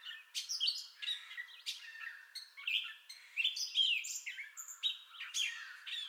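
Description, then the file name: Gray catbird song, a run of jumbled squeaks, chuckles and thin whistles, each phrase different from the last. Entire song bout, 30 May 2021. "2021-05-30 Gray Catbird Entire Song Bout"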